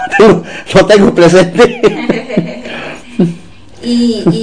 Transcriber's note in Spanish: risas